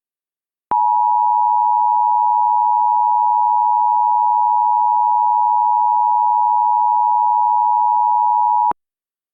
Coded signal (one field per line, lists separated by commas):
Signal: Emergency Alert System (SAME) tones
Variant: 853 and 960 Hz attention tone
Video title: The Lost Storms: Tornado in Hurricane - an EAS Serial